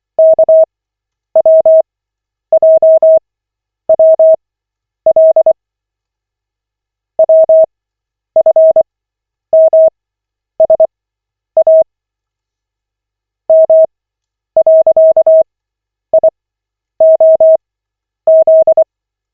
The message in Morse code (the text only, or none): KWJWL WFMSA M.IOZ